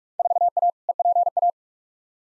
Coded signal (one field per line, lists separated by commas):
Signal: Morse code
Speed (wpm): 47 wpm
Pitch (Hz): 700 Hz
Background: none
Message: 4A EPA